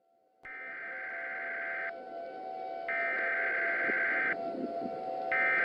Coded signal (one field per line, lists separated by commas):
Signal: Emergency Alert System (SAME) tones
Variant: header bursts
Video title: Emergency Alert System (Mega-Death)